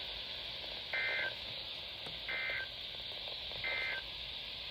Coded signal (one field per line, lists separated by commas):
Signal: Emergency Alert System (SAME) tones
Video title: Fair well 2020 EAS#404-419 From: 12/24/20 - 12/30/20